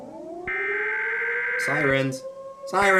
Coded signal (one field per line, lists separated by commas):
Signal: Emergency Alert System (SAME) tones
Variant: header bursts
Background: speech